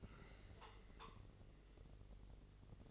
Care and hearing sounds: daily activity, microphone in the room; take from stove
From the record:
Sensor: 4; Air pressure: 996.1 hPa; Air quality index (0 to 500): 72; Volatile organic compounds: 3 ppm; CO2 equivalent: 1336 ppm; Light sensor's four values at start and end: 18/50/19/20 and 18/50/19/20

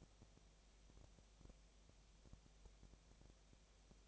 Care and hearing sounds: daily activity, microphone in the room; no activity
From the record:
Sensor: 1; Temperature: 19.8 degrees Celsius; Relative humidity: 37.9%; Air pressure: 998.8 hPa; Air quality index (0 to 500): 233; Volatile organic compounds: 134 ppm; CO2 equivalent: 3950 ppm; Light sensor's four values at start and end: 1/2/1/1 and 1/2/1/1

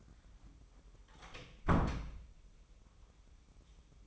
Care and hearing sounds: daily activity, microphone in the room; close door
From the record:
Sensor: 1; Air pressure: 1004.8 hPa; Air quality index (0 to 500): 72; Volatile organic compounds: 1 ppm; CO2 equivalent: 964 ppm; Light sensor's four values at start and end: 10/24/9/10 and 9/23/9/10

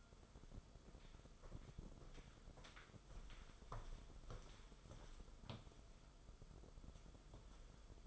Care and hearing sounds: daily activity, microphone in the room; walk to room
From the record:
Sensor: 5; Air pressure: 994.5 hPa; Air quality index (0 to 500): 175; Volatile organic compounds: 736 ppm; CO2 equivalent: 5075 ppm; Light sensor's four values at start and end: 31/104/39/41 and 30/99/37/39

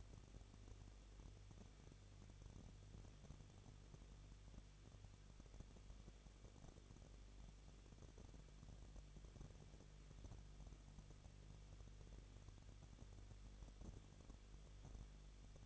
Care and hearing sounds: daily activity, microphone in the room; no activity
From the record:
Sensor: 4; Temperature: 23.1 degrees Celsius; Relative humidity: 34.2%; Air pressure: 1007.2 hPa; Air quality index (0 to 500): 215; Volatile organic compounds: 15 ppm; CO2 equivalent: 2482 ppm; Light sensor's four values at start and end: 2/3/1/1 and 2/3/1/1

